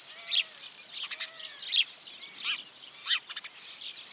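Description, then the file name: House sparrow chirping, a series of clear, sharp notes, with some faint lower whistled notes. "Passer domesticus"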